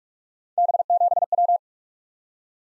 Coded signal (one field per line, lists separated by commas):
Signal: Morse code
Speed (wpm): 44 wpm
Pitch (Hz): 700 Hz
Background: none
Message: B7W